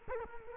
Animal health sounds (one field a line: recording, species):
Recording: mosquito wingbeat signal from an infrared sensor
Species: Culex quinquefasciatus